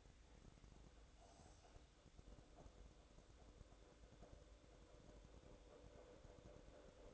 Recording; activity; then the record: daily activity, microphone in the room; make coffee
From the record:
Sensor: 3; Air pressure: 1007.3 hPa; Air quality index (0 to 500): 59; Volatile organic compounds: 1 ppm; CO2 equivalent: 608 ppm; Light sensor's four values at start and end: 7/17/7/7 and 7/17/7/7